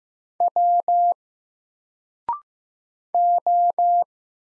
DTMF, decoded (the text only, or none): none